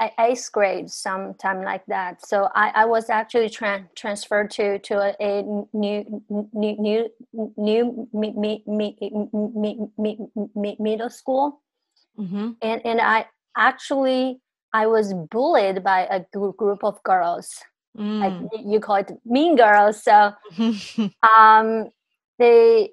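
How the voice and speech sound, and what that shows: An adult woman who stutters speaks with rapid repeated syllables and long prolonged 'mm' sounds before 'new middle school'. She was born and raised in China, began stuttering at about 5-6 years old, and her stuttering became much worse after bullying in eighth grade.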